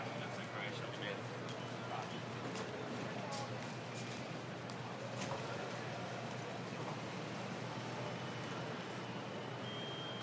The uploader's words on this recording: Ambience from Denver International airport, including rolling bags, security clearance, checkins, beeping sounds and the sounds of lots of passengers making for a very busy soundscape. Recorded by Marcel Gnauk. The chaos of an airport, Denver.